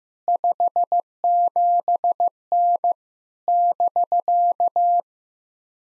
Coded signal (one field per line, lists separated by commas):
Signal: Morse code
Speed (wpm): 15 wpm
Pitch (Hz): 700 Hz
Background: none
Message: 57N <BK>